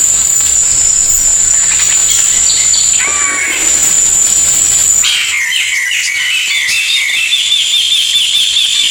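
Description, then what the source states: Bird song: a high steady whine over hiss, then from midway a quick series of repeated chirps. Melodious voice.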